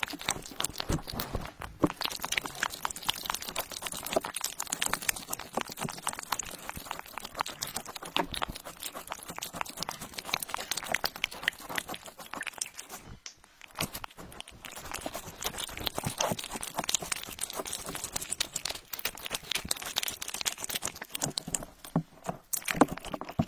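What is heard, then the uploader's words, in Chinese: A cat eating, with a dense, continuous run of quick crunching and wet chewing clicks throughout. The sharp bites come rapidly and irregularly, easing briefly around 13 seconds and again near 21 seconds before resuming just as busily. 猫咪进食。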